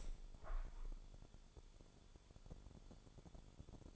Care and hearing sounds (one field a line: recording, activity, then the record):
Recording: daily activity, microphone in the room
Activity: open window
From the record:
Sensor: 5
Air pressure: 1015.0 hPa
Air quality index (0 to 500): 99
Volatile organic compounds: 2 ppm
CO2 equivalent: 1064 ppm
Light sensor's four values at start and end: 35/80/32/31 and 35/80/32/31